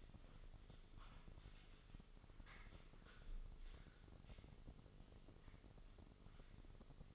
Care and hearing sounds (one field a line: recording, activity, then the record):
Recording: daily activity, microphone in the room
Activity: typing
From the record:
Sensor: 4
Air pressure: 996.0 hPa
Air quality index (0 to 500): 64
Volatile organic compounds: 2 ppm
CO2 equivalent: 1142 ppm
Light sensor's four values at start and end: 18/48/19/20 and 18/49/19/20